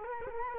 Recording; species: mosquito wingbeat signal from an infrared sensor; Culex quinquefasciatus